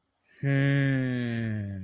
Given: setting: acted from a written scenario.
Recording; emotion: vocal sound without words; romantic love